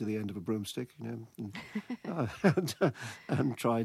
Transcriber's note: laughter